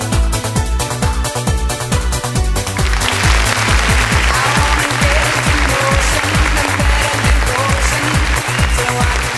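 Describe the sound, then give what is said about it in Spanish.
Steady, dense applause in a radio studio, opening a radio program, rises over a pounding dance beat a few seconds in, a bright wash of clapping that keeps going alongside the thumping rhythm to the end. “Con estos aplausos estamos dando inicio a un renegado más hoy desde los estudios del Renegado Producciones”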